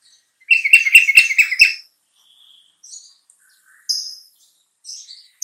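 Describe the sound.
Bulbul giving a short burst of quick chattering repeated notes, followed by a few thin high chirps with gaps between.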